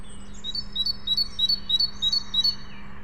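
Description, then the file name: Great tit singing a run of about seven rhythmic two-note phrases over a constant low hum. "Parus major"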